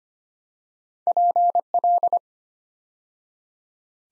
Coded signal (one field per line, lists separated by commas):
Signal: Morse code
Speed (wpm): 25 wpm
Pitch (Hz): 700 Hz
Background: none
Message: PL